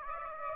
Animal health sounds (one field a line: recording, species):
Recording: mosquito wingbeat signal from an infrared sensor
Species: Aedes aegypti